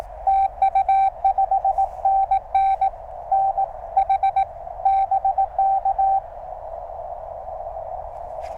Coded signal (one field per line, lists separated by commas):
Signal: Morse code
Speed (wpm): 18 wpm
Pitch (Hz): 780 Hz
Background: none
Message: TU 5NN NH BK